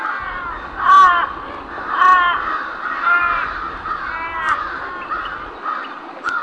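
Crow caws: loud, rough, drawn-out caws about once a second, with fainter caws from other crows overlapping between them.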